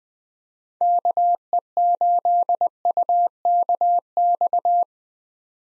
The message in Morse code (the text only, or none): KE8UKX